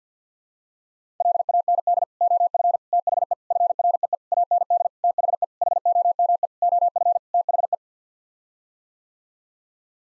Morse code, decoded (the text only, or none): LAND OF THE FREE AND THE HOME OF THE